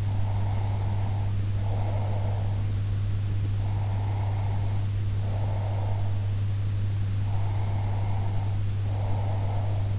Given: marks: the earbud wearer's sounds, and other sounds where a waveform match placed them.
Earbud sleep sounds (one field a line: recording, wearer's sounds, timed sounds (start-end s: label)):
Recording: sounds in sleep by an in-ear microphone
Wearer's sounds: breath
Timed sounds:
0.00-2.71 s: breath
3.59-6.31 s: breath
7.25-9.94 s: breath